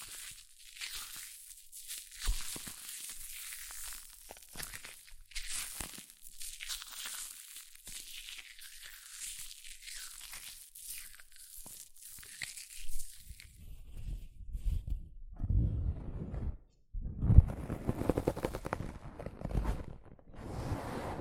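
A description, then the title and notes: Hair mousse fizzes and crackles, a dense, bright, prickly hiss of tiny popping bubbles that swells and fades in short bursts for the first half. After about fourteen seconds it turns lower and rougher, with squishy, crunching handling sounds and a sharp pop near seventeen seconds. ASMR Extreme Fizzing Tingles Hair Mousse Sounds(No Talking).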